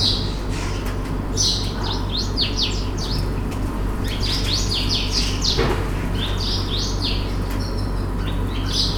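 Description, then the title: House bunting song: repeated short phrases of bright, rapidly descending chirps throughout, over a constant low mechanical hum. Close house buntings sitting on house roofs in the Fez medina, Morocco, in the morning, with a fan running; recorded on a Sony PCM-D100 with internal mics. "Rue Talaa Sghira, Fes , Morocco - House buntings in Fez medina"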